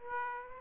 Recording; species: mosquito wingbeat signal from an infrared sensor; Aedes aegypti